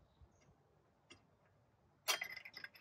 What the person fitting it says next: And you can hear it snap into place.